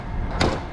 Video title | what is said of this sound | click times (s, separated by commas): Aircraft orientation and walkthrough, NICU transport Emergency residents. | okay they clicked the door is locked you won't be able to pull on this and close it what you're going to have to do is push | 0.4 s